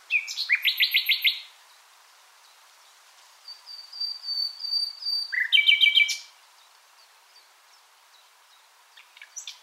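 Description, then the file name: Common nightingale song: a quick stuttering run of notes, a thin sustained high whistle, then a short burst of fast chirpy notes. "Luscinia megarhynchos"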